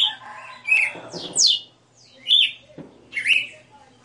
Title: Canto Galo Campina Fêmea. Galo de Campina 60 NOTAS Cantando Ao vivo